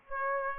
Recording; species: mosquito wingbeat signal from an infrared sensor; Aedes aegypti